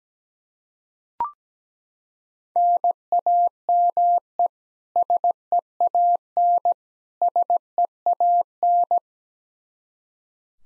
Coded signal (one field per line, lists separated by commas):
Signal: Morse code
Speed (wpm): 17 wpm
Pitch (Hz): 700 Hz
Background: none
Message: NAME SEAN SEAN